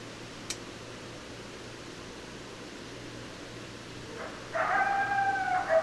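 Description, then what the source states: Coyote howl: one sustained, wavering tonal call near the end after a short sharp click, with a steady low hum and hiss throughout. Several coyotes, recorded 10 December 2012.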